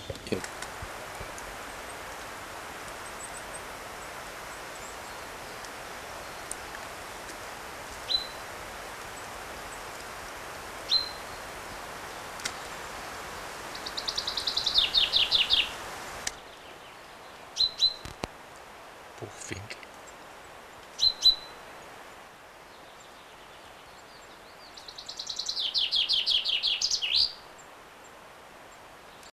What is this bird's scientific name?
Fringilla coelebs